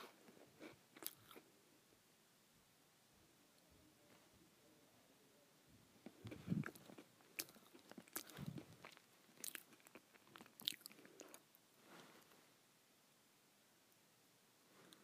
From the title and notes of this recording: ASMR Eating Crackers.